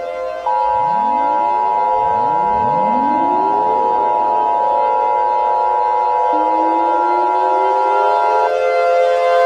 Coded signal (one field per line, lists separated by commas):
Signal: Emergency Alert System (SAME) tones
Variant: 853 and 960 Hz attention tone